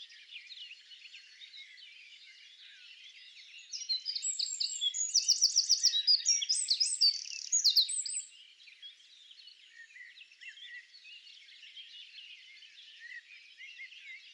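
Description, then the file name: Eurasian wren song: a loud, rapid burst of high trills and sharp repeated notes lasting about four seconds, over a steady chorus of softer bird chirps. "Troglodytes troglodytes"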